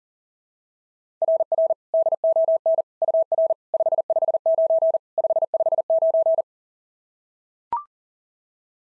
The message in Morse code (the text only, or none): RR DON UR 559 559